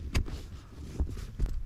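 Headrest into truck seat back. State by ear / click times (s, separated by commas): seated / 0.2 s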